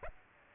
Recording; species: mosquito wingbeat signal from an infrared sensor; Aedes aegypti